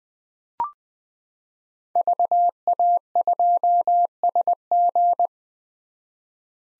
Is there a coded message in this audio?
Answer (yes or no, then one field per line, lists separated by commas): yes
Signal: Morse code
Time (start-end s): 2.0-5.3 s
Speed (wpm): 20 wpm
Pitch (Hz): 700 Hz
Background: none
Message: VA2SG